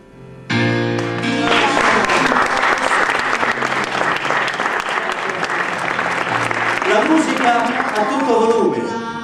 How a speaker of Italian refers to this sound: E le urla dei tifosi, certo, come no?